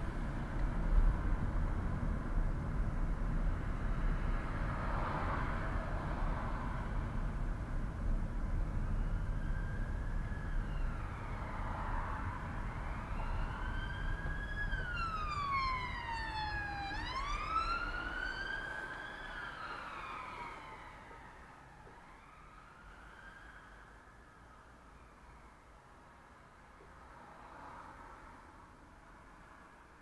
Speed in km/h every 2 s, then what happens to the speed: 25, 25, 23, 22, 19, 16, 14, 14, 9, 0, 0, 0, 0, 0, 0.
0-18 slows to 0. 18-30 standing.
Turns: none.